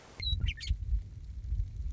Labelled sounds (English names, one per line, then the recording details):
Western Meadowlark
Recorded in Sonoma County, California